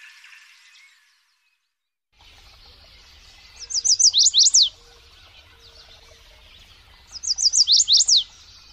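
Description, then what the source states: Lovebird giving two bursts of sharp, high, rapidly repeated down-slurred shrieks. Call used as a lure to attract lovebirds.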